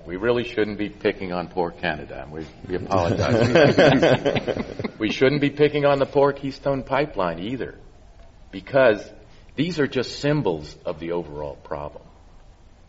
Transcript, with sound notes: We really shouldn’t be picking on poor Canada, and we apologize.
[Laughter]
We shouldn’t be picking on the poor Keystone pipeline either, because these are just symbols of the overall problem.